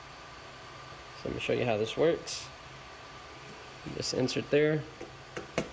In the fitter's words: snaps right in and then the back will sit flush with the frame and then you use the second one